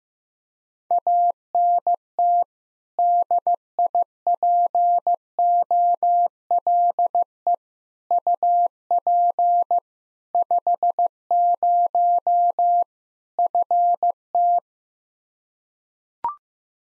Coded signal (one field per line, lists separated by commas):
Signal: Morse code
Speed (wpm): 15 wpm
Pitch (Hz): 700 Hz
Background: none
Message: ANT DIPOLE UP 50 FT